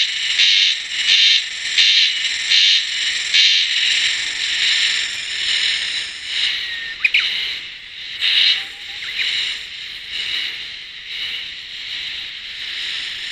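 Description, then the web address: Insect calling with loud, high buzzing bursts in quick succession at first, then becoming uneven and patchier later on. "cats sikioto insect"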